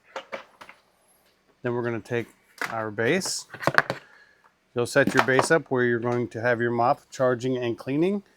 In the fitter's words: Just slide the handle in just like that till it snaps.